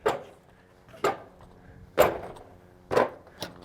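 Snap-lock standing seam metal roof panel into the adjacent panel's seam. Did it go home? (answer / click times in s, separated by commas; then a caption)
yes / 1.0 s, 3.4 s. A snap-lock standing seam metal roof panel is pressed down with the foot so its lip seats into the groove of the neighbouring panel's seam. A series of sharp snaps is heard, with the panel clicking into place at 1.0 s and 3.4 s. The panel is seated and locked in.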